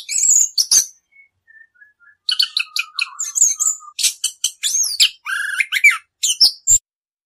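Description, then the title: Orange-headed thrush song opening with high chirps, then soft thin whistles, followed by lively bursts of buzzy and whistled notes. Song in the extended rolling style called ngerol; master recording used for teaching birds. "suara anis kembang ngerol"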